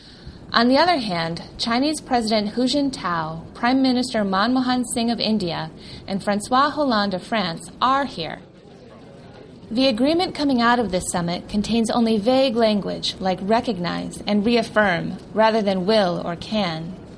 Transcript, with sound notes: On the other hand, Chinese President Hu Jintao, Prime Minister Monmohan Singh of India and Francois Hollande of France are here.
[SOUND OF CROWD]
The agreement coming out of this summit contains only vague language, like "recognize and “reaffirm," rather than “will” or “can.”